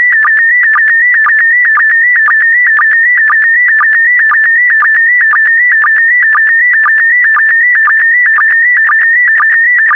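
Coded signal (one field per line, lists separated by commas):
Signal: SSTV (slow-scan television)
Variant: PD120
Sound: steady warbling whine around 2 kHz with rhythmic low blips about twice a second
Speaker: get ready starting transmission in 5 4 3 2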